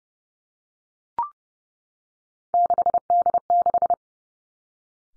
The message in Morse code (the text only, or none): 6D6